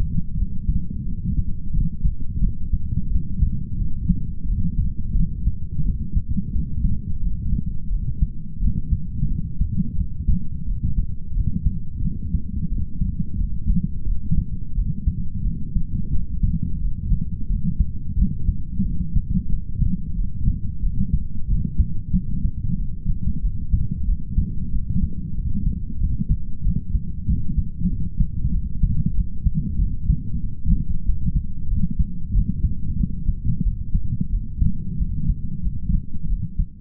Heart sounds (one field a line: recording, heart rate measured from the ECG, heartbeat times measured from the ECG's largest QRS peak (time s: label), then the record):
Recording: heart sounds by stethoscope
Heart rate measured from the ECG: 90 bpm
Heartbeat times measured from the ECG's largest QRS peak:
0.38 s: heartbeat
1.07 s: heartbeat
1.74 s: heartbeat
2.42 s: heartbeat
3.12 s: heartbeat
3.80 s: heartbeat
4.48 s: heartbeat
5.16 s: heartbeat
5.85 s: heartbeat
6.54 s: heartbeat
7.22 s: heartbeat
7.92 s: heartbeat
8.62 s: heartbeat
9.31 s: heartbeat
9.99 s: heartbeat
10.67 s: heartbeat
11.36 s: heartbeat
12.04 s: heartbeat
12.71 s: heartbeat
13.39 s: heartbeat
14.07 s: heartbeat
14.77 s: heartbeat
15.46 s: heartbeat
16.14 s: heartbeat
16.81 s: heartbeat
17.50 s: heartbeat
18.18 s: heartbeat
18.86 s: heartbeat
19.52 s: heartbeat
20.18 s: heartbeat
20.83 s: heartbeat
21.50 s: heartbeat
22.15 s: heartbeat
22.79 s: heartbeat
23.44 s: heartbeat
24.08 s: heartbeat
24.74 s: heartbeat
25.37 s: heartbeat
26.01 s: heartbeat
26.65 s: heartbeat
27.29 s: heartbeat
27.92 s: heartbeat
28.54 s: heartbeat
29.17 s: heartbeat
29.80 s: heartbeat
30.43 s: heartbeat
31.06 s: heartbeat
31.70 s: heartbeat
32.35 s: heartbeat
33.00 s: heartbeat
33.65 s: heartbeat
34.32 s: heartbeat
35.00 s: heartbeat
35.65 s: heartbeat
36.30 s: heartbeat
From the record:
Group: healthy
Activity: light exercise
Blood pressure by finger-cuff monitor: 131/64 mmHg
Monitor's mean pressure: 82 mmHg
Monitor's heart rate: 90 bpm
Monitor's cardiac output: 9.2 L/min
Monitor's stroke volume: 103 mL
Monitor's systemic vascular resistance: 650 dyn s/cm5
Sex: male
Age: 22 years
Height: 181 cm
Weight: 79 kg